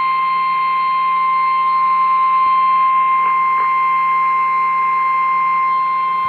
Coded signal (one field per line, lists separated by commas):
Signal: Emergency Alert System (SAME) tones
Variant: 1050 Hz attention tone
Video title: Tornado Warning (EAS #722)